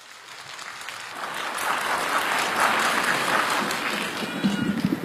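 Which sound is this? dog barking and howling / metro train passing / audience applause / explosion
audience applause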